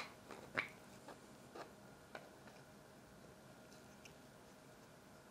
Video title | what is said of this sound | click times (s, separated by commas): STRONG and FULLY 3D Printed Arms for your Ender 3 KE and SE | until it snaps into place | 0.6 s